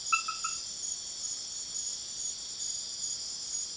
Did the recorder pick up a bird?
no